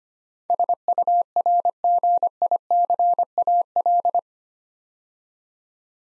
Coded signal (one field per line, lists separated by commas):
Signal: Morse code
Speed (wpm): 25 wpm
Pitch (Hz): 700 Hz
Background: none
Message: SURGICAL